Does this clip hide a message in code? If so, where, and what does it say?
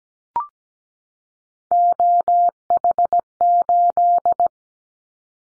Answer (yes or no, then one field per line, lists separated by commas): yes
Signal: Morse code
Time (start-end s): 1.7-4.5 s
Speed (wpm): 17 wpm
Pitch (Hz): 700 Hz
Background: none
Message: OH8